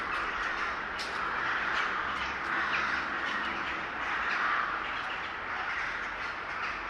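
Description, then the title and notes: Large gathering of birds calling together, a loud, steady mass of harsh caws and squawks. Gathering of birds recorded in S. Staszic Park, Łódź. "Ptaki W Parku Im. S. Staszica W Łodzi. Nagranie wykonane z parku im. S. Staszica w Łodzi. Zgromadzenie ptaków"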